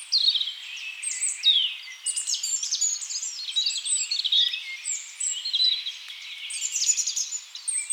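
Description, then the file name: European robin song: thin, high, varied warbling phrases with quick trills and sliding notes, running almost continuously, rising and falling in loudness. "Erithacus rubecula"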